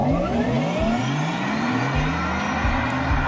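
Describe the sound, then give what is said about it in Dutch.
A combustion-engine car revs loudly and repeatedly, its engine pitch climbing in a series of rising sweeps as it accelerates and shifts gears, with a constant roar throughout. “Als het aan de Europese Unie ligt, zijn dit soort auto's vanaf 2035 verleden tijd.”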